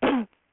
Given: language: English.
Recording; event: throat vibration sensor signal played as sound; cough